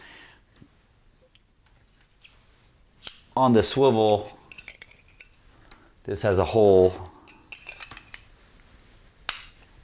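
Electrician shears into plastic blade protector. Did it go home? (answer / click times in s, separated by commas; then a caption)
yes / 9.3 s. Electrician shears are pushed into their plastic swivel holder, a blade protector, while someone talks over light handling clicks and taps. One loud, sharp click at 9.3 s marks the shears snapping into the holder and seating firmly.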